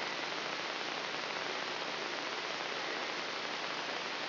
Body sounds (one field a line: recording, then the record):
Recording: brain microelectrode recording played as sound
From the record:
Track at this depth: inside the subthalamic nucleus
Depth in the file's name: 3.308 mm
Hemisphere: left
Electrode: 3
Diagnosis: Parkinson's disease